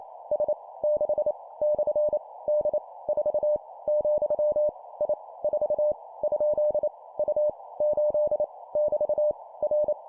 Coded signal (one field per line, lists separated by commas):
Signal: Morse code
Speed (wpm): 28 wpm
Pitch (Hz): 600 Hz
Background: none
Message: S 6 / D 4 , I 4 ? U 8 <BT> R